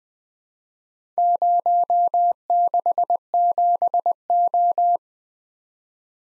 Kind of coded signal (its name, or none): Morse code